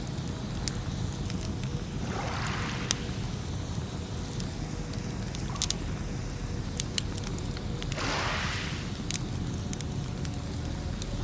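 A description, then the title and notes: A bonfire crackles with sharp, scattered pops and snaps throughout, over a steady low rumble. Sea waves wash in twice, swelling and hissing around two seconds and again near eight seconds before fading back. Fire crackling ambiance & soothing seaside waves. The enchanting ambience of a crackling bonfire by the seaside. Summer evening by the seaside.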